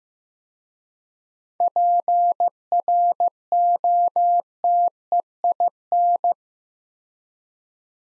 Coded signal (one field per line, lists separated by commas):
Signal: Morse code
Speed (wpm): 15 wpm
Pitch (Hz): 700 Hz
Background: none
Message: PROTEIN